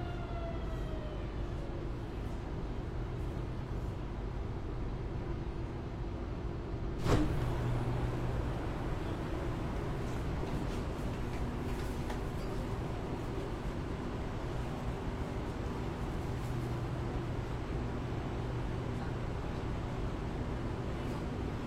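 Metro cooling in Shenzhen: a steady, dense low hum with several fixed droning tones that hold unchanged throughout. Around seven seconds a single sharp click or knock cuts through, and faint falling whistles drift in at the very start.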